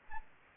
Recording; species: mosquito wingbeat signal from an infrared sensor; Anopheles gambiae